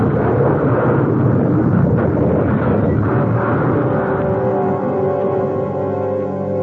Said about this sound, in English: A tire blew, and the car slewed, sliding toward the road edge. Then we hit a rock and went rolling.